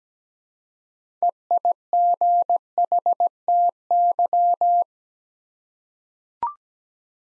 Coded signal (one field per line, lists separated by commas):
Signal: Morse code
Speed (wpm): 17 wpm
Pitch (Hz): 700 Hz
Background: none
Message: EIGHTY